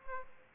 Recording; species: mosquito wingbeat signal from an infrared sensor; Aedes aegypti